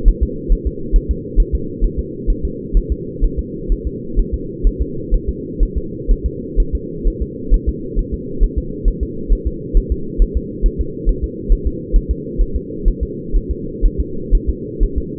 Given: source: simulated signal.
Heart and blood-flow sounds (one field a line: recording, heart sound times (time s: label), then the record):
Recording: fetal heart sounds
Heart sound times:
0.08 s: S1
0.23 s: S2
0.52 s: S1
0.67 s: S2
0.96 s: S1
1.11 s: S2
1.40 s: S1
1.55 s: S2
1.84 s: S1
1.99 s: S2
2.30 s: S1
2.45 s: S2
2.77 s: S1
2.92 s: S2
3.24 s: S1
3.39 s: S2
3.72 s: S1
3.87 s: S2
4.19 s: S1
4.34 s: S2
4.67 s: S1
4.82 s: S2
5.14 s: S1
5.29 s: S2
5.63 s: S1
5.77 s: S2
6.11 s: S1
6.26 s: S2
6.60 s: S1
6.75 s: S2
7.08 s: S1
7.22 s: S2
7.54 s: S1
7.69 s: S2
7.99 s: S1
8.14 s: S2
8.44 s: S1
8.58 s: S2
8.88 s: S1
9.03 s: S2
9.33 s: S1
9.47 s: S2
9.77 s: S1
9.92 s: S2
10.22 s: S1
10.37 s: S2
10.66 s: S1
10.81 s: S2
11.09 s: S1
11.24 s: S2
11.52 s: S1
11.67 s: S2
11.96 s: S1
12.11 s: S2
12.41 s: S1
12.56 s: S2
12.88 s: S1
13.03 s: S2
13.36 s: S1
13.51 s: S2
13.86 s: S1
14.00 s: S2
14.35 s: S1
14.49 s: S2
14.83 s: S1
14.98 s: S2
From the record:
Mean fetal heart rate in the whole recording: 130 bpm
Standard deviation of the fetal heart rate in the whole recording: 4 bpm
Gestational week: 38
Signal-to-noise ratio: -4.3 dB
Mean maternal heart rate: 72 bpm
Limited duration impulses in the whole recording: absent